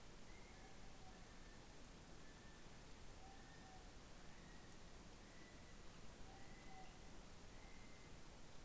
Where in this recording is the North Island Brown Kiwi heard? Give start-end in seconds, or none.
0.00-8.65